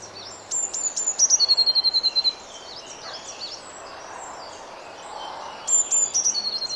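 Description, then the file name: Eurasian blue tit with high piping notes leading into a quick lower trill, heard twice, with a quieter gap between. "Cyanistes caeruleus"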